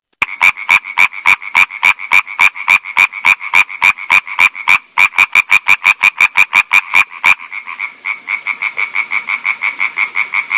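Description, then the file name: European tree frog calling in a fast, even run of sharp, high clacking pulses, several per second, continuing throughout with a brief pause, later softer. "hyla arborea"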